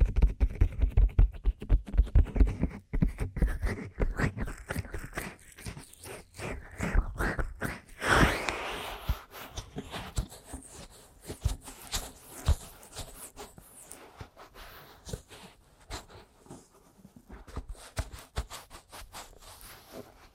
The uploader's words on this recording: ASMR Aggressive Ear Massage & Tapping (No Talking).